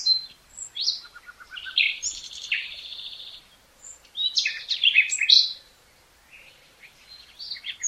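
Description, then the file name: Common nightingale singing varied phrases of sharp whistles, fast rattling notes and rich buzzy trills, separated by short pauses. "Luscinia megarhynchos"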